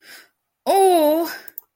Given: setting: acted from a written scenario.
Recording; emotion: vocal sound without words; pain